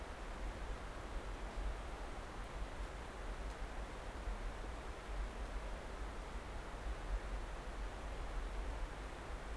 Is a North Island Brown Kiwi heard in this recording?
no